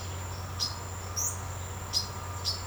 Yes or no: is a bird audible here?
yes